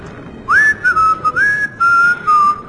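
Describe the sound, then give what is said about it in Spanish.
A man at the helm of a boat speeding out to sea whistles a short melodic tune, a string of clear mid-high notes with small rising slides, some held and some clipped, broken by brief pauses, with no talking. “Él se puso a silbar.”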